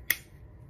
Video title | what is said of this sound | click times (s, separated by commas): The Viral Fragrance Bracelet: Un Reve by Thompson Ferrier | click you hear that quality that's what it is | 0.1 s